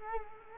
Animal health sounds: mosquito wingbeat signal from an infrared sensor; Culex quinquefasciatus

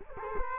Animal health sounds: mosquito wingbeat signal from an infrared sensor; Culex quinquefasciatus

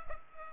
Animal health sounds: mosquito wingbeat signal from an infrared sensor; Culex pipiens

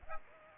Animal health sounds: mosquito wingbeat signal from an infrared sensor; Aedes aegypti

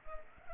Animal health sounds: mosquito wingbeat signal from an infrared sensor; Culex pipiens

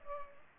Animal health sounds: mosquito wingbeat signal from an infrared sensor; Culex pipiens

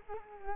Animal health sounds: mosquito wingbeat signal from an infrared sensor; Culex quinquefasciatus

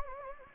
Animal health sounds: mosquito wingbeat signal from an infrared sensor; Anopheles gambiae

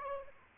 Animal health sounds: mosquito wingbeat signal from an infrared sensor; Aedes albopictus

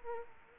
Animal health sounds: mosquito wingbeat signal from an infrared sensor; Culex quinquefasciatus

